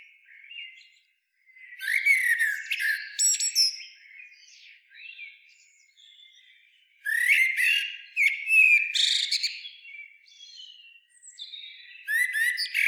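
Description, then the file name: Eurasian blackbird giving squeaky, chattering twitter phrases in two long bursts separated by quieter, scratchy notes, with a brief final flurry. "Turdus merula"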